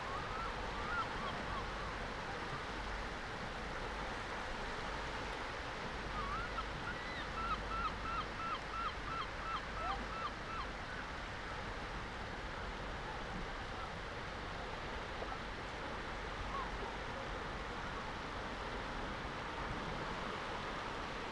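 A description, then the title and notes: A coastal scene at Nothe Fort on the Jurassic coast: a steady, dense wash of sea and wind noise with a low rumble runs throughout. A brief call sounds near the start, then a quick series of bright, evenly repeated chirps from about seven to ten seconds. Nothe Fort on the Jurassic coast of England.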